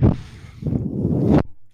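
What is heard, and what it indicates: Low mechanical whooshing hum with a short burst, a pause, then a longer surge: a home mechanical ventilator running in the background.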